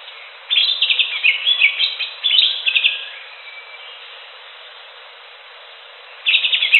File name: cucak hijau alam liar